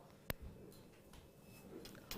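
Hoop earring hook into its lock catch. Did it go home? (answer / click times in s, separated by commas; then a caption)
yes / 0.3 s, 2.1 s. The hook of a brass hoop earring is pushed through its small lock catch close to the microphone, giving sharp clicks at 0.3 s and 2.1 s with faint handling noise between. The lock clicks shut and the earring is secured.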